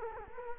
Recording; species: mosquito wingbeat signal from an infrared sensor; Culex quinquefasciatus